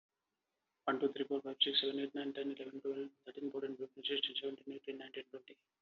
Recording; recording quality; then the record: counting at a fast pace; excellent, no background noise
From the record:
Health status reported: exposed to COVID-19, no respiratory illness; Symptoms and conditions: none ticked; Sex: male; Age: 42 years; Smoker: not ticked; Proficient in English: yes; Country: India